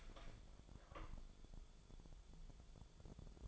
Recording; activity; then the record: daily activity, microphone in the room; open door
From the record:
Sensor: 5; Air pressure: 1015.2 hPa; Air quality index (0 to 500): 220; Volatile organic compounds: 13 ppm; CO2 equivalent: 2389 ppm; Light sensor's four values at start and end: 35/80/32/31 and 35/80/32/31